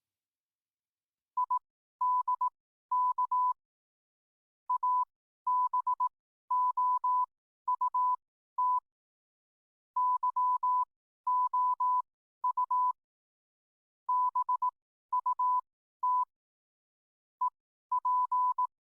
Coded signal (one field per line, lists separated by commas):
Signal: Morse code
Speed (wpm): 18 wpm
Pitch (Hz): 1000 Hz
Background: none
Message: IDK ABOUT YOU BUT EP